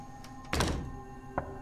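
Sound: knocking on a door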